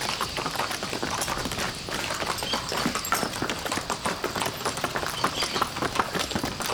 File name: Cavalos trotando no asfalto com vento suave nas arvores, pessoas, cachorro, passaros